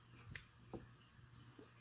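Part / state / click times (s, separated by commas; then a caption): striker assembly into pistol slide / seated / 0.4 s. A striker assembly is pushed back into a pistol slide during reassembly and pops into place with one sharp, bright click at 0.4 s, seating it. A softer, lower knock follows at about 0.7 s, and a faint tick near 1.6 s, over a low steady hum.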